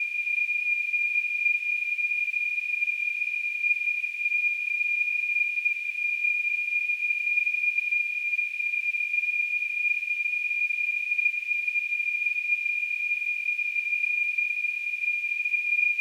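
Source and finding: Device, simulated tinnitus tone. Tinnitus simulation.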